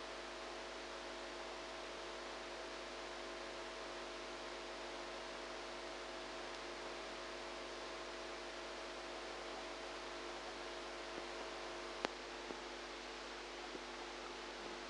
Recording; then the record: brain microelectrode recording played as sound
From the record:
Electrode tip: outside the subthalamic nucleus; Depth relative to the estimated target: -4 mm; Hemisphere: right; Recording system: NeuroSet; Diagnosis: Parkinson's disease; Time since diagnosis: 8 years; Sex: female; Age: 45 years